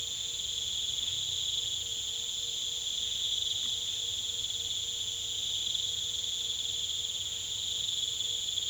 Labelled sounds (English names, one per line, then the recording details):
none
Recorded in pastures near Puerto Asís, Putumayo, Colombia, on 21 December 2024 at 19:00
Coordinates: 0.486, -76.323
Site GP01